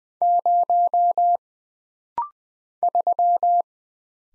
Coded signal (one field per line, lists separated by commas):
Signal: Morse code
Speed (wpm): 20 wpm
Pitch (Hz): 700 Hz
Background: none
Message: 0 3